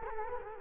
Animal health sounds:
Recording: mosquito wingbeat signal from an infrared sensor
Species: Culex quinquefasciatus

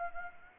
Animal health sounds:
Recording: mosquito wingbeat signal from an infrared sensor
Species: Anopheles gambiae

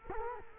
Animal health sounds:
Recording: mosquito wingbeat signal from an infrared sensor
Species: Culex quinquefasciatus

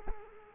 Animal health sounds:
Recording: mosquito wingbeat signal from an infrared sensor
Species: Culex quinquefasciatus

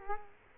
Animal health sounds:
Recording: mosquito wingbeat signal from an infrared sensor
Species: Culex quinquefasciatus

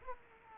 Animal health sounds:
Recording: mosquito wingbeat signal from an infrared sensor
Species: Aedes aegypti

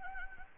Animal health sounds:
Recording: mosquito wingbeat signal from an infrared sensor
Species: Anopheles arabiensis

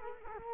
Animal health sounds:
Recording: mosquito wingbeat signal from an infrared sensor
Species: Culex quinquefasciatus

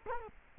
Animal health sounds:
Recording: mosquito wingbeat signal from an infrared sensor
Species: Culex quinquefasciatus

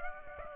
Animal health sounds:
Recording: mosquito wingbeat signal from an infrared sensor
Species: Aedes aegypti

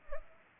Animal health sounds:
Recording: mosquito wingbeat signal from an infrared sensor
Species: Culex pipiens

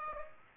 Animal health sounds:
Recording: mosquito wingbeat signal from an infrared sensor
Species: Aedes aegypti

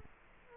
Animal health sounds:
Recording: mosquito wingbeat signal from an infrared sensor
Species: Culex quinquefasciatus

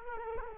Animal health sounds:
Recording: mosquito wingbeat signal from an infrared sensor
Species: Culex quinquefasciatus

